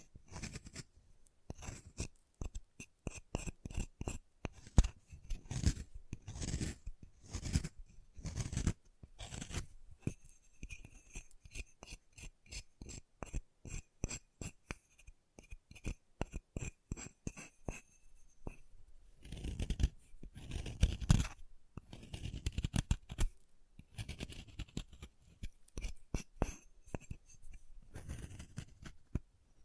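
Chalk being carved and cut, heard as a steady run of short, sharp scraping strokes that come several times a second. The scrapes vary in loudness, with a few thin, high squeaky tones from about 10 to 18 seconds and a denser, rougher stretch near 20 seconds.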